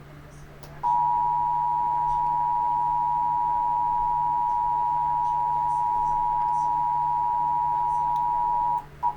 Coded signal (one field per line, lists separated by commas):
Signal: Emergency Alert System (SAME) tones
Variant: 853 and 960 Hz attention tone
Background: speech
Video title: The National Periodic Test of the Emergency Alert System (October 4th 2023)